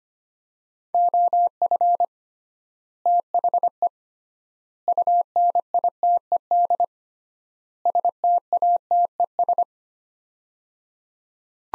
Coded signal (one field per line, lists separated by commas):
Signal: Morse code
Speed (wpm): 25 wpm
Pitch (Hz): 700 Hz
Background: none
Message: OF THE UNITED STATES